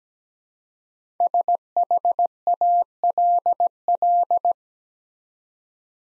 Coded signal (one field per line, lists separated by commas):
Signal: Morse code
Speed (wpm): 17 wpm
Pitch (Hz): 700 Hz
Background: none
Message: SHALL